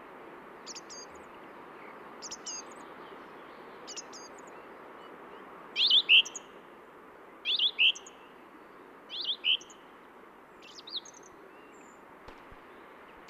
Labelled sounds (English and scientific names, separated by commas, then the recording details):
Song Thrush (Turdus philomelos) song
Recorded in the wild
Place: Oberstdorf, Bayern, DE
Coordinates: 47.3806, 10.2919
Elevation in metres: 900
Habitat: mountains
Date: 1977-03-20
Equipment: Nagra IV, Sennheiser MKH 405, Parabolreflektor
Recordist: Tretzel, Erwin